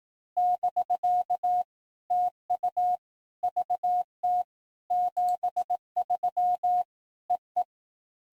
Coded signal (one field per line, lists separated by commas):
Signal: Morse code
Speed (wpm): 18 wpm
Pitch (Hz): 720 Hz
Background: none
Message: <BK> TU VT 73 EE